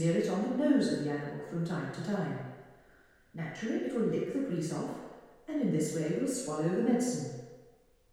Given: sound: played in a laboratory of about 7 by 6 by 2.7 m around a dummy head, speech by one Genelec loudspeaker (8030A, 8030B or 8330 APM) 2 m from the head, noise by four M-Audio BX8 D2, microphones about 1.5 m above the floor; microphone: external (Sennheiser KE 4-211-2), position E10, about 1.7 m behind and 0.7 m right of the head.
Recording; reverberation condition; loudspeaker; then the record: female speech in English; high; 120 degrees to the left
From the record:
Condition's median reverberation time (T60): about 1300 ms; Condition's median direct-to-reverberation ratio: about -4.0 dB